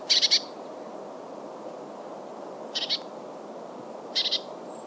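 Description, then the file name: Eurasian blue tit calls: three short buzzy bursts of two or three notes, one at the start, one near three seconds and one past four seconds, over steady low background noise. "Cyanistes caeruleus"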